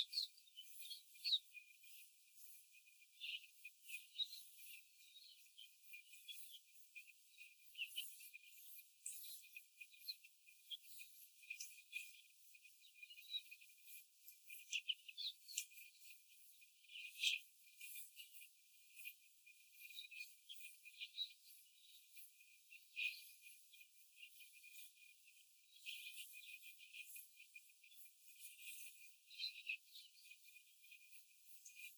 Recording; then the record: young laying hens in a cage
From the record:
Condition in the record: after the stressor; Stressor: simulated dog barking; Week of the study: 4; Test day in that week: 1